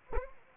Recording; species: mosquito wingbeat signal from an infrared sensor; Anopheles arabiensis